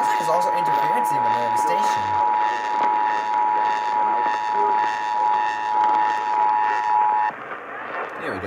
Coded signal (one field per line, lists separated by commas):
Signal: Emergency Alert System (SAME) tones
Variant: 853 and 960 Hz attention tone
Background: speech